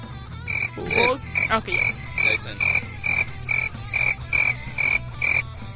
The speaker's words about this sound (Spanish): Esos grillos, por favor, grillos.